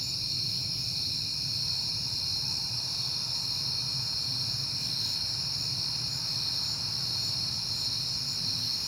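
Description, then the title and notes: Cricket chorus, a bright, dense, high-pitched ringing that stays constant, over a soft low rumble. At night in September, on a peaceful night. "Night Time: Crickets and Passing Cars. It is September and I have been hearing the crickets a lot, but finally had a peaceful night to make the recording"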